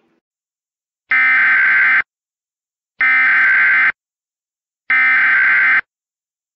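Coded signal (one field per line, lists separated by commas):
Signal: Emergency Alert System (SAME) tones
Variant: header bursts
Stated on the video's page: Fictional EAS scenario using valid EAS tones.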